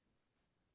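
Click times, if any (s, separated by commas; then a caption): none. A metal rear I/O shield is being handled at the rear opening of a computer case, pressed firmly into place. Only a steady, faint background hiss is heard, with no distinct clicks or sudden sounds. The shield has not clicked in or seated yet.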